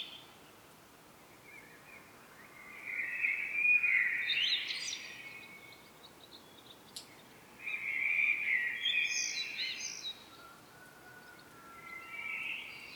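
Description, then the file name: Common blackbird song, several warbled phrases with sharp high twitters, separated by quiet gaps. "Turdus merula"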